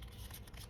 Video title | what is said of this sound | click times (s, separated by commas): PROFESSIONAL OPINION - Dyson Air Wrap VS Shark Flex Style. Worth the hype? | and it kind of clicks into place. | 0.5 s, 0.6 s